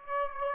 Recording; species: mosquito wingbeat signal from an infrared sensor; Aedes aegypti